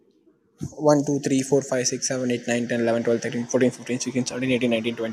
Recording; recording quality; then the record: counting at a fast pace; excellent, no background noise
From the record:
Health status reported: healthy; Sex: male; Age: 22 years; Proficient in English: yes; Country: India